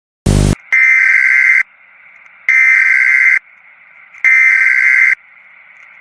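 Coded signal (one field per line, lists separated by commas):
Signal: Emergency Alert System (SAME) tones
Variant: header bursts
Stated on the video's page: Fictional EAS scenario.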